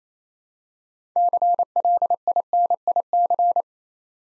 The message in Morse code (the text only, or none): CLINIC